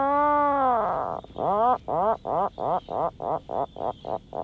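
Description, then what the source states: Atlantic Puffin calling: one long drawn groaning note, then a fast run of short rising moans that grow shorter toward the end. Puffin at its burrow, giving a chuckling call that sounds amused and ill.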